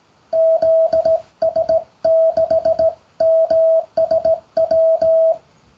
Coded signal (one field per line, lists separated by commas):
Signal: Morse code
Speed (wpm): 17 wpm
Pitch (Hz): 650 Hz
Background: radio noise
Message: ZS6MSW